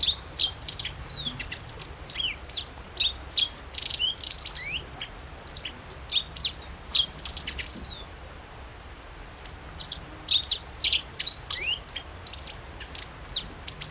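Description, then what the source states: Godlewski's bunting pouring out high, sharp, tinkling notes for eight seconds, a brief pause, then the rapid thin chirping resumes to the end. Recorded on 14 June 2012.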